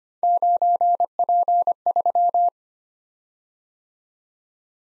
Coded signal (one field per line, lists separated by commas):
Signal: Morse code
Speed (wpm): 25 wpm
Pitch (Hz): 700 Hz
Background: none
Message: 9P3